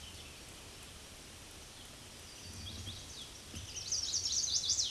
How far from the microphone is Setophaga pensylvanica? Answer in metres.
about 65 m